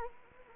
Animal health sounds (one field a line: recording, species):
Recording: mosquito wingbeat signal from an infrared sensor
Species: Anopheles gambiae